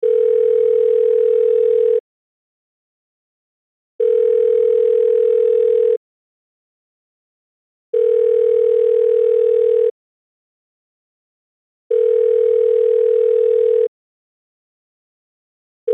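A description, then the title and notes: A phone rings in a strict repeating pattern: two-second bursts of a steady electronic tone separated by two seconds of complete silence. The tone sits in the middle range with a faint buzz beneath it, and it stays unchanging. Phone Ringing.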